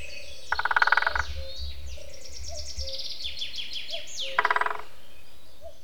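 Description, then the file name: Great spotted woodpecker drumming: two short bursts of rapid, fading taps a few seconds apart, with thin chirping songbirds and a low rumble behind. "nagy fakopáncs dobolás"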